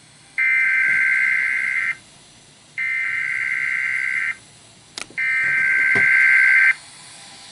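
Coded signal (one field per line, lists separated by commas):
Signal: Emergency Alert System (SAME) tones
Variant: header bursts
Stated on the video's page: Required weekly test on a broadcast station.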